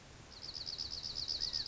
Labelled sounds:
California Quail (Callipepla californica)
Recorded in Sonoma County, California

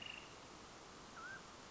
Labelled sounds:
Mountain Quail (Oreortyx pictus)
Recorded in Sonoma County, California

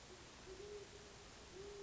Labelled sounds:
Great Horned Owl (Bubo virginianus)
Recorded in Sonoma County, California

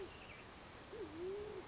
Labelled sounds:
Band-tailed Pigeon (Patagioenas fasciata)
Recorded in Sonoma County, California

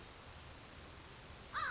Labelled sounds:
American Crow (Corvus brachyrhynchos)
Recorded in Sonoma County, California

